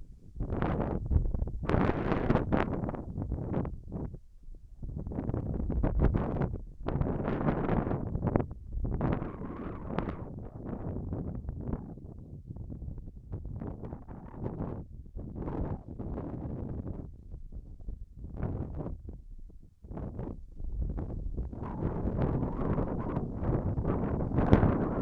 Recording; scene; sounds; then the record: everyday scene through a hearing-aid microphone; wind on the microphone; wind, whistling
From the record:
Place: in front of a rural house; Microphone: behind the ear, left, front